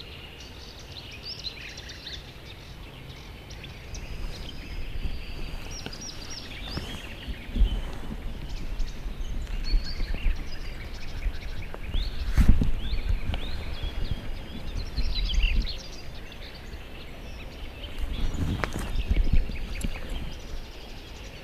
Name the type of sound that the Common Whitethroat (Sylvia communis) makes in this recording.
song